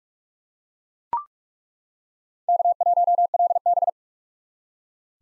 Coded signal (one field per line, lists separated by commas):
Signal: Morse code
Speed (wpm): 42 wpm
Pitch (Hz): 700 Hz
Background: none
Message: K1LB